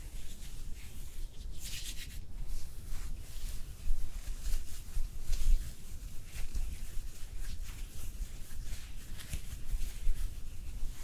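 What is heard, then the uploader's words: Hair being brushed and styled, with short, bright, scratchy strokes repeating irregularly over a steady low rumble. A longer hissing burst, like a puff of steam, rises around the two-second mark, and quieter strokes continue through to the end. ASMR Hair Styling Brushing and Curling w Steam (Layered + No Talking).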